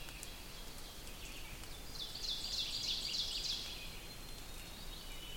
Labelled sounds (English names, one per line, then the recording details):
Ovenbird song
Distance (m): 90 m
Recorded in boreal forest in Alberta, Canada, on 6 June 2016 at 05:40
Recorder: SongMeter 3, array SBT-3-51
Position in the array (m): 224 m, 22 m
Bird 27